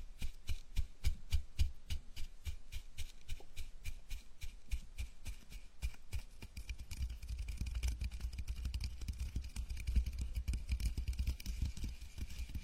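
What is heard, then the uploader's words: A gentle scalp massage, fingers rubbing and scratching through hair. For the first six seconds the strokes come as crisp, evenly spaced scratches, a few each second; after that they blur into a denser, faster rustle with a soft low rumble underneath. Scalp massage, gentle and comfortable.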